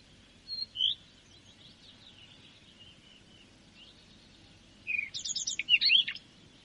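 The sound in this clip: Common redstart song: two short high notes early on, a quiet pause with faint birdsong, then a hurried jumble of high chirps and trills lasting about a second.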